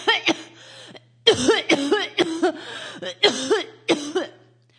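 About a dozen short, voiced, throaty coughs come in quick clusters over five seconds, with brief quiet gaps between runs. It is an acted adult woman's cough, a sick-sounding stock sound effect.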